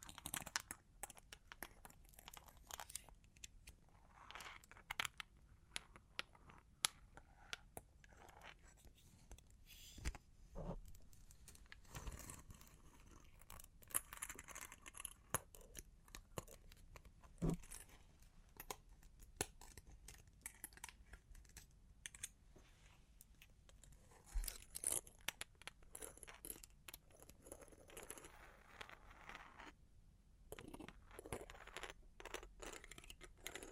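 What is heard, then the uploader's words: Long claws tap and scratch in quick, irregular bursts, sharp clicks scattered densely across the whole clip with brief pauses between runs. The sounds are bright and metallic-edged, like light jangling, with a few louder taps near the ten- and twenty-five-second marks. Long Claws Tapping and Scratching (No Talking).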